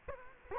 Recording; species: mosquito wingbeat signal from an infrared sensor; Culex quinquefasciatus